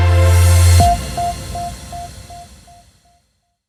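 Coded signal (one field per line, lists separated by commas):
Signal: none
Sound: music intro beeps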